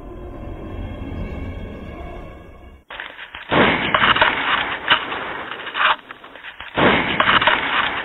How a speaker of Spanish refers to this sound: Clarísimos, estos disparos. Clarísimos. Muy claros. Clarísimos. Es más, incluso yo diría que se escucha como recargar el arma, ¿no?